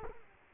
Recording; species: mosquito wingbeat signal from an infrared sensor; Culex quinquefasciatus